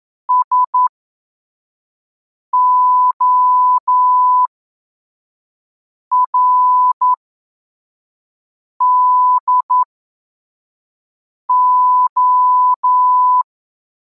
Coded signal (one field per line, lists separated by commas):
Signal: Morse code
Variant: Russian alphabet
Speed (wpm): 11 wpm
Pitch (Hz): 1000 Hz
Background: none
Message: СОРДО